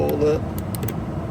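A plastic trim clip is being lined up with its mounting hole during a blind spot monitoring install on a Tesla Model Y, with a low background hum and a couple of brief handling ticks. Someone talks throughout. Nothing has seated or clicked yet; the clip ends before the clip goes home.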